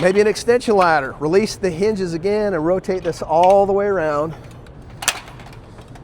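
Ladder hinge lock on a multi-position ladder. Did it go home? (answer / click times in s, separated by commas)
yes / 5.1 s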